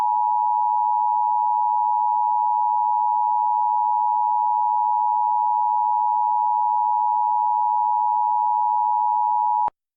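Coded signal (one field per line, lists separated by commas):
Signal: Emergency Alert System (SAME) tones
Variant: 853 and 960 Hz attention tone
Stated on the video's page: Fictional emergency alert scenario about a plague.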